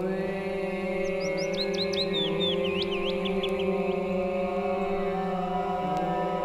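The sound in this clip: Willow Warbler song: a sweet run of whistled notes cascading downward in pitch over about three seconds, heard over a steady low musical drone.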